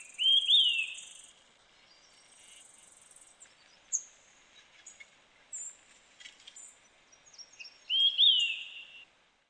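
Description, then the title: Bird song with bright whistled phrases, a rising and falling note near the start and again near the end, scattered thin high chirps between, otherwise quiet. "LuckyPassaro Completos2Sama"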